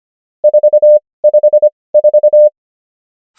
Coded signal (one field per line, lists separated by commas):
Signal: Morse code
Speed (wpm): 25 wpm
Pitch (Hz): 600 Hz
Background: none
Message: 454